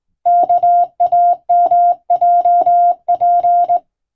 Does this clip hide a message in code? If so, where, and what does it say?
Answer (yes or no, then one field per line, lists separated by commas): yes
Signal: Morse code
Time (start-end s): 0.3-3.8 s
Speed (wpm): 20 wpm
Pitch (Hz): 700 Hz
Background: none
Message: KAMJP